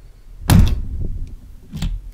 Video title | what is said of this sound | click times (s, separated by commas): How To Align The Chapter Ring On A Seiko SKX007 - Watch and Learn #46 | I'm gonna give a push and you will hear a snap | 0.5 s